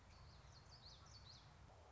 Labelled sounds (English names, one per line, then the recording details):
Common Yellowthroat
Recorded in Sonoma County, California